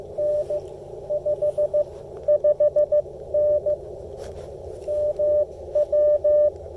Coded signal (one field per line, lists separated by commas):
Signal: Morse code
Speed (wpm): 17 wpm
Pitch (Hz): 590 Hz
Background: none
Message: N 55N MW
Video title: Reviewing the MFJ-1984LP EFHF with the Icom IC-705 during a Parks On The Air (POTA) activation